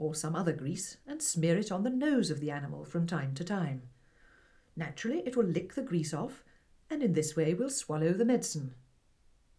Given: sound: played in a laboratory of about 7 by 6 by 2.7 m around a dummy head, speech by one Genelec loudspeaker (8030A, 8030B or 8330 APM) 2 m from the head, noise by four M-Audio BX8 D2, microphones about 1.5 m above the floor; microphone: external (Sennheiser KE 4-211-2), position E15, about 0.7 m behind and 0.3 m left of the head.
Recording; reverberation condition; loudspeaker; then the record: female speech in English; low; behind (180 degrees)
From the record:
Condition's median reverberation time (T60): about 310 ms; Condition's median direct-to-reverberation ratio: about 3.5 dB